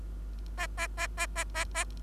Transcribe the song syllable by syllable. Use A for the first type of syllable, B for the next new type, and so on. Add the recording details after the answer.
A A A A A A A. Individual Bird3